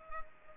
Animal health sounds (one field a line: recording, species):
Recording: mosquito wingbeat signal from an infrared sensor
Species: Culex pipiens